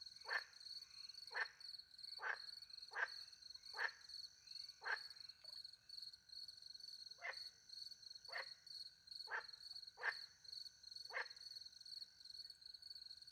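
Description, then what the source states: Frog calls, short repeated notes about once a second with a brief pause midway, over steady high cricket song. Frogs with crickets at night in the French countryside near a little pond; microphones hidden in a tree; recorded with two Usi pro microphones into a Mixpre 10 II recorder.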